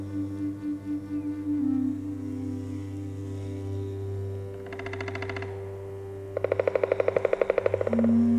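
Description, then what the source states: Black Woodpecker drumming, two rapid drum rolls, a short one then a longer one of about one and a half seconds, over a low steady hum. Alternates drumming with calls, marking the boundaries of its territory; Polish Tatras.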